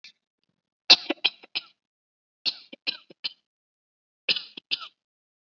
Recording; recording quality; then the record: shallow voluntary cough; excellent, no background noise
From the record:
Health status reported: COVID-19 positive, no symptoms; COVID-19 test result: positive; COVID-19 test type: RT-PCR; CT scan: not taken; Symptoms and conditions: cold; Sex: female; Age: 20 years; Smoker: no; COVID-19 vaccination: both doses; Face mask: not worn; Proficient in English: yes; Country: India